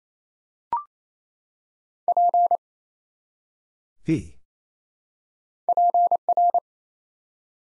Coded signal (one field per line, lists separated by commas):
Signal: Morse code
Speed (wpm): 27 wpm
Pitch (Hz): 700 Hz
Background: none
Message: P PR